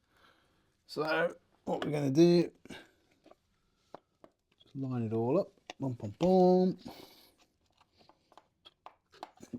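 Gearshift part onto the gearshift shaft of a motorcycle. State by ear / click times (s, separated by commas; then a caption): seated / 9.2 s. A metal gearshift part on a Suzuki GSXR 600 motorcycle is lined up by its holes and pushed home onto its splined gearshift shaft while someone talks. Several small taps and knocks follow, and a sharp positive click at 9.2 s seats the part on the shaft so it can no longer be turned either way.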